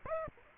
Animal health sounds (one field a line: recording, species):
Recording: mosquito wingbeat signal from an infrared sensor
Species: Aedes aegypti